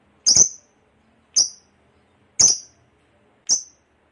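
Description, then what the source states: Lovebird giving four short, very high sharp chips, about one per second. Long ngekek chatter, described as gacor (in full, frequent voice).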